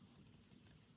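A slipjoint knife blade on a C Risner TPK Ohio River Jack is handled toward the closed position under backspring tension. Only a steady, broadband, rain-like hiss with low rumble is heard, with no distinct click. Nothing has seated or clicked yet; the clip ends just before the blade snaps shut.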